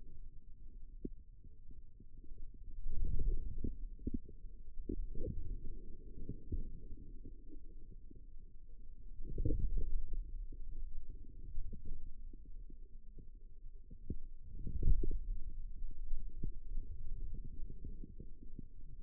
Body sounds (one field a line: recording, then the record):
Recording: forearm muscle sounds (acoustic myography)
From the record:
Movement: outward rotation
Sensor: system 2, bracelet of six BSWA MPA416 microphones around the upper forearm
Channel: 4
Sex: male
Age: 22 years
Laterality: right